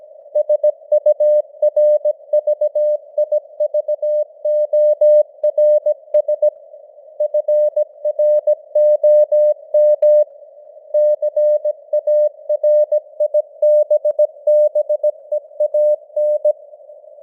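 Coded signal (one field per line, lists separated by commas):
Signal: Morse code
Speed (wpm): 17 wpm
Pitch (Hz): 600 Hz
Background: none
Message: SURVIVORS FROM CARIBBEAN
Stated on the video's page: Morse news headlines at 17 wpm with simulated radio noise and fading (QSB).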